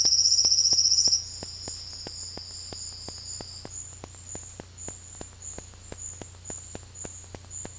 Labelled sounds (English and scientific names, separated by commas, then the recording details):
Silvered Antbird (Sclateria naevia)
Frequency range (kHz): Silvered Antbird (Sclateria naevia) 2.3-11.3 kHz
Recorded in dense forest near Puerto Asís, Putumayo, Colombia, on 18 February 2024 at 11:00
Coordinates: 0.487, -76.319
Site G6403